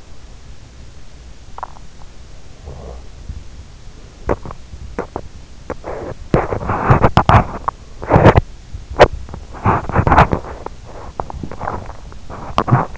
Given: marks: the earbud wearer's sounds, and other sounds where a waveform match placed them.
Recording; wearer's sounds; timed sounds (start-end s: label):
sounds in sleep by an in-ear microphone; swallowing, snoring breath, teeth grinding
1.48-1.91 s: swallowing
1.48-3.64 s: snoring breath
4.09-12.98 s: teeth grinding